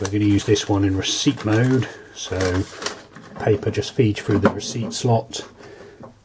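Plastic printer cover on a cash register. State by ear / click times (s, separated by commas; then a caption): seated / 6.0 s. Someone talks while a thermal till roll is loaded into a Casio cash register set up in receipt mode. The plastic printer cover is then pushed back onto the register and gives a single short click at 6.0 s as it seats back in place.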